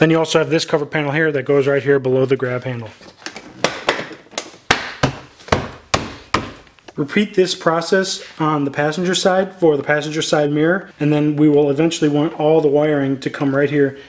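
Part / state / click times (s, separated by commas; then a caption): plastic trim cover panel into door panel below grab handle / seated / 4.7 s, 5.9 s. A plastic trim cover panel is pressed into the door panel below the grab handle on a 2015–2022 GMC Canyon / Chevrolet Colorado while Boost Auto Parts towing mirrors are being installed. Someone talks, then a run of loud, sharp plastic snaps comes between about 3.6 and 6.0 s, and the talking resumes afterward. The clips seat, and the panel snaps into place at 4.7 s and 5.9 s.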